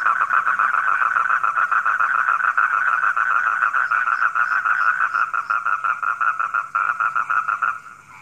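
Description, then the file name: Frog chorus, a rapid steady pulsing trill that slows into separate pulses and fades at the end. Frogs calling at night. "suara kodok di malam hari"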